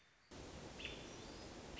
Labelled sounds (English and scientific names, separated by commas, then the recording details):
American Robin (Turdus migratorius)
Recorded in Sonoma County, California